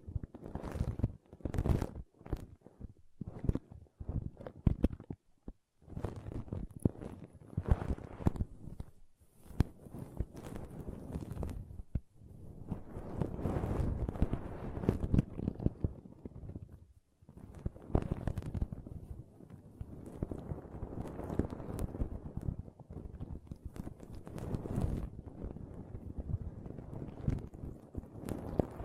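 Soft pom pom tingles made of rustling, brushing sounds. The first few seconds hold quick, irregular taps and clicks, then the sound shifts to longer, fuller swishing swells that rise and fade. A few short pauses break it up.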